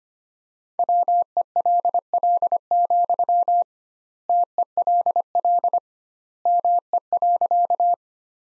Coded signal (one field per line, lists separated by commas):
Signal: Morse code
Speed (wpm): 25 wpm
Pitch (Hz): 700 Hz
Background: none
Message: WELL, TELL ME.